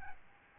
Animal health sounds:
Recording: mosquito wingbeat signal from an infrared sensor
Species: Aedes albopictus

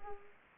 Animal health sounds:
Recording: mosquito wingbeat signal from an infrared sensor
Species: Aedes aegypti

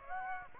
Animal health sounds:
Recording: mosquito wingbeat signal from an infrared sensor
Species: Aedes aegypti

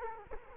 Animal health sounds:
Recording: mosquito wingbeat signal from an infrared sensor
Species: Culex quinquefasciatus

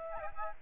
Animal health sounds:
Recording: mosquito wingbeat signal from an infrared sensor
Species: Aedes albopictus

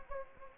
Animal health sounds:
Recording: mosquito wingbeat signal from an infrared sensor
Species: Anopheles gambiae

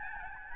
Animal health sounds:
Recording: mosquito wingbeat signal from an infrared sensor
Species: Aedes albopictus

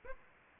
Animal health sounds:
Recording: mosquito wingbeat signal from an infrared sensor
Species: Aedes aegypti

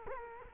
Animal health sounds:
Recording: mosquito wingbeat signal from an infrared sensor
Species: Culex quinquefasciatus

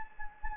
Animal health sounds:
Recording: mosquito wingbeat signal from an infrared sensor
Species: Anopheles gambiae

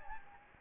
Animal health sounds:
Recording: mosquito wingbeat signal from an infrared sensor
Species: Anopheles gambiae

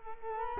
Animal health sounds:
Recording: mosquito wingbeat signal from an infrared sensor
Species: Culex quinquefasciatus

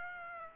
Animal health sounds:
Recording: mosquito wingbeat signal from an infrared sensor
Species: Aedes aegypti

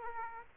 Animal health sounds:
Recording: mosquito wingbeat signal from an infrared sensor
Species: Aedes aegypti

